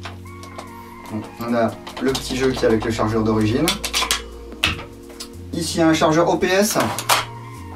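Someone talks over background music while handling a third-party airsoft magazine at the magwell of an Ares Amoeba Pro Octarms replica rifle with an EFCS gearbox. Sharp handling knocks are heard around 4.1 s and 4.6 s. The magazine has not seated or clicked into the magwell yet.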